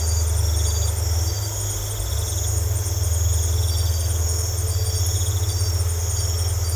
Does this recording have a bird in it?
no